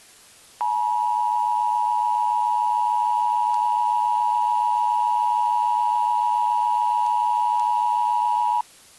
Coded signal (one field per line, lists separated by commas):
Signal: Emergency Alert System (SAME) tones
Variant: 853 and 960 Hz attention tone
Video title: EAS Alert: Amber Alert 1